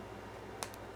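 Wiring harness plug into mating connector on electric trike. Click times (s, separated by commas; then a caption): 0.6 s. Two halves of a wiring harness plug on a Lectric XP electric trike, lined up by their arrows, are pushed together into the mating connector. A single sharp click at 0.6 s marks the plug snapping in and seating. A fainter tick follows shortly after, over a low steady hum.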